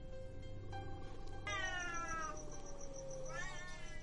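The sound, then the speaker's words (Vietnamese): Cats, seemingly on a roof, yowl in long, wavering, high-pitched wails that rise and fall like a crying baby, with two or three drawn-out cries overlapping against a low steady background hum. “Thế nhưng cô nhanh chóng nhận ra đây không phải là tiếng trẻ con, mà là tiếng mèo kêu.”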